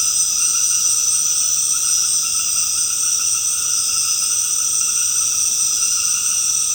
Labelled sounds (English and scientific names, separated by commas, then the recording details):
none
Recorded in secondary vegetation near Puerto Asís, Putumayo, Colombia, on 13 March 2025 at 19:30
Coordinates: 0.485, -76.322
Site G040